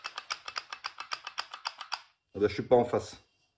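A rotary pellet magazine that was not lined up is handled and aligned for the receiver slot of an FX Impact M3 Sniper air rifle, giving a steady run of light, regular ticks for about two seconds. Someone then talks briefly. The clip ends with nothing seated or clicked home in the receiver yet.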